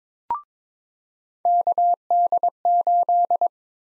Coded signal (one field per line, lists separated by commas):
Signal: Morse code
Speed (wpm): 21 wpm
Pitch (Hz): 700 Hz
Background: none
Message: KD8